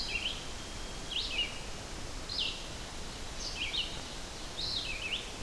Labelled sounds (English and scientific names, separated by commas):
Red-eyed Vireo (Vireo olivaceus) song